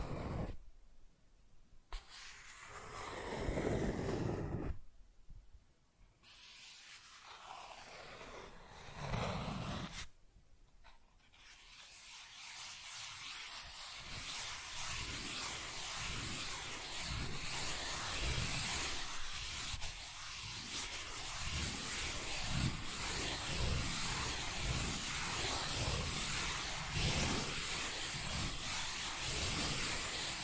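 Cardboard is scratched and traced in short rough strokes with brief pauses early on, then a dense steady scraping runs from about ten seconds.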